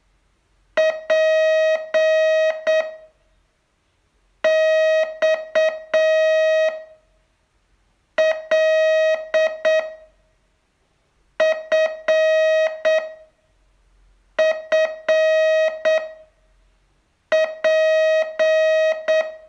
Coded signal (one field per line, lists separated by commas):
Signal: Morse code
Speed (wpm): 8 wpm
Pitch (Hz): 630 Hz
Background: music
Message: P X L F F P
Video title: Learn Morse in 42 Days from VU2LAU - day 29